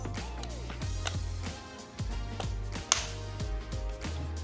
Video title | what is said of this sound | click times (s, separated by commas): Get a case for your Zfold 6 that does not cover the outer screen when open it!!! | pretty sure you heard that snap | 2.9 s